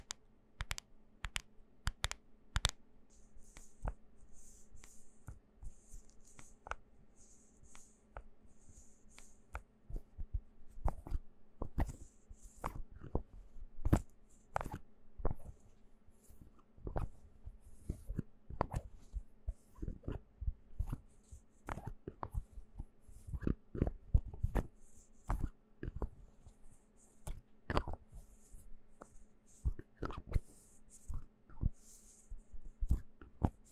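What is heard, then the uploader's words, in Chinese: Bottles and jars clatter and knock in sharp, irregular bursts throughout, with scratchy hissing scrapes early on and a low steady hum underneath. 瓶瓶罐罐的撞擊.敲擊.抓撓。無人聲。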